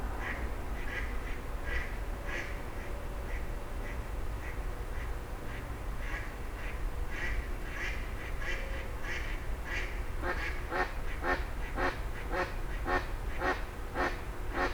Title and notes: 44 Rue des Gourgues, 31150 Fenouillet, France - 04h00-Dialogue de Hérons cendrés. 04h00-Alors que la circulation reprend peu à peu, des hérons cendrés se font des politesses